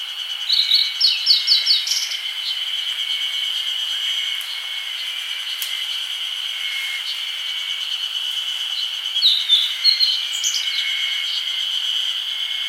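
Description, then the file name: Grey bunting calls in two bursts of quick, high thin notes, one early and one near ten seconds, over an unbroken high insect hum. "Emberiza variabilis"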